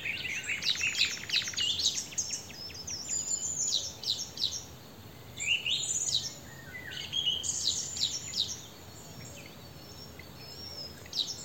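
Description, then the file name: Eurasian wren singing a fast, high-pitched song of tumbling notes and a rapid rattling trill, with further bursts of high twittering throughout. "Troglodytes troglodytes"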